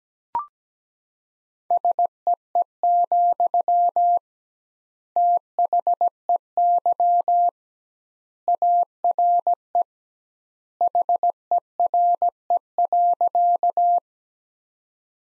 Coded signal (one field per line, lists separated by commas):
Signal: Morse code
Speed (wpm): 17 wpm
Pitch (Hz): 700 Hz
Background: none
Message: SEE, THEY ARE HERE.